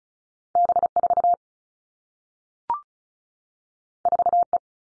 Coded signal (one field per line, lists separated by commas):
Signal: Morse code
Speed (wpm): 36 wpm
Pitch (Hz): 700 Hz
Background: none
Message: B 4 4 E